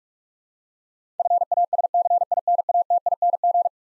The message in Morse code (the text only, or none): FASCINATING